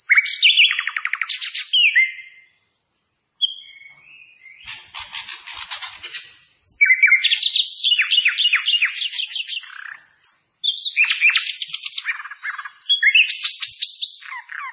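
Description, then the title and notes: Hill blue flycatcher song of rapid descending chirp series and whistles, with short silent gaps between phrases. Clear song for training (masteran). "Masteran Sikatan Kipas Suara Jernih Dan Suara Gemericik Air. Suara Burung Sikatan Londo"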